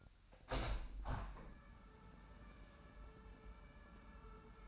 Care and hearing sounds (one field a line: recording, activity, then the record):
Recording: daily activity, microphone in the room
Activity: open window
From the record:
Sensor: 2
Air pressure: 998.5 hPa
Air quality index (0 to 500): 130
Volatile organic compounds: 3 ppm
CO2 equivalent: 1469 ppm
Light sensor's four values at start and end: 6/15/6/7 and 6/15/6/7